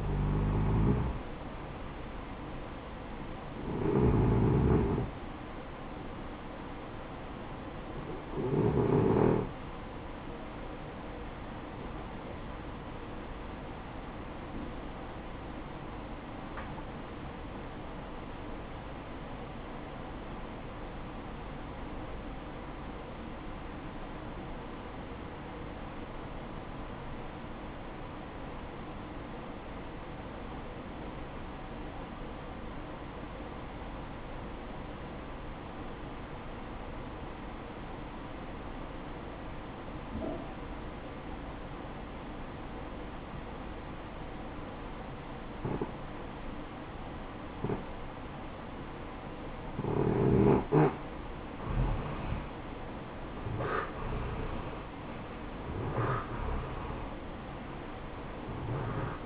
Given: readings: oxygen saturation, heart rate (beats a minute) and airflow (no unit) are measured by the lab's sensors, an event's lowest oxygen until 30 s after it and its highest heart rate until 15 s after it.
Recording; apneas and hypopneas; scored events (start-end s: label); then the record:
breathing in sleep by a voice recorder at the bedside; 1
15.00-53.10 s: obstructive apnea (REM, oxygen 94% highest, then 80% lowest, heart rate 62 at the start, 74 highest)
From the record:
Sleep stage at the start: REM sleep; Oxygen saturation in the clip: 78 to 94%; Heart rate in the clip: 56 to 75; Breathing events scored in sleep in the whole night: 573 in 9.8 hours asleep